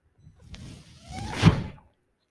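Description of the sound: A single low mechanical whoosh that swells and fades over about two seconds: a home ventilator delivering a breath.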